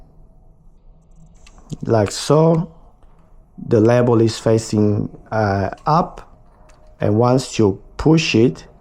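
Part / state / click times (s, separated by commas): microSD memory card into a camera drone's card slot / not seated / none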